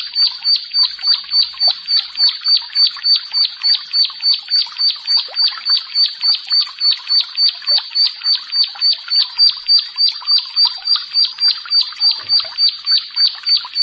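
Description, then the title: Prinia song: a sharp, high chirped note repeated steadily about three to four times a second throughout. "Ciblek Sawah"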